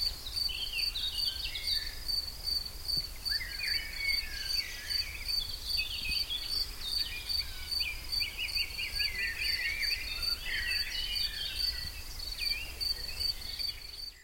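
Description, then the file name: Cicada song, a steady high buzz held throughout, with busy chattering and twittering bird calls layered over it. "Zikaden"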